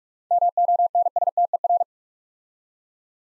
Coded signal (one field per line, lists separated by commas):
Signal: Morse code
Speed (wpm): 44 wpm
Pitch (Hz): 700 Hz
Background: none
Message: MONSTER